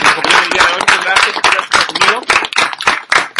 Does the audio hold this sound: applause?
yes